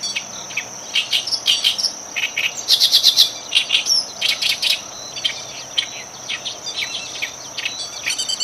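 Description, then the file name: Oriental reed warbler song with rough, rasping phrases and squeaky notes delivered in an uneven rapid rhythm, the loudest burst about three seconds in, steady hiss behind. 12 June 2011. "yosikiri"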